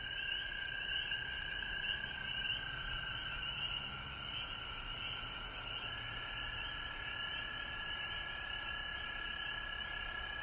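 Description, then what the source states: Frog chorus of continuous, softly pulsing trills at two pitch levels, sustained without pause over a low background hum. Frogs recorded at home in Georgia on March 19, 2020.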